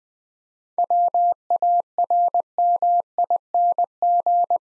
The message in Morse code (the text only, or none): WARMING